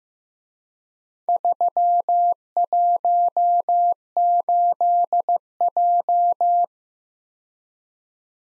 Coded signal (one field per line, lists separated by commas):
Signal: Morse code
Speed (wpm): 16 wpm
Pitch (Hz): 700 Hz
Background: none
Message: 318J